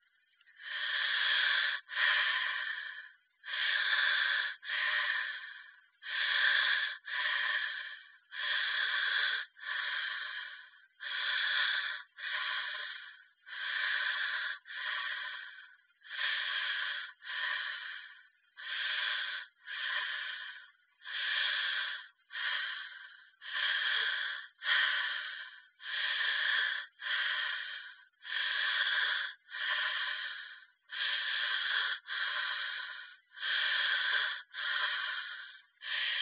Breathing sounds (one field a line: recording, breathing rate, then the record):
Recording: paced breathing near a phone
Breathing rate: 24 breaths a minute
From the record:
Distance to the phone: 20 cm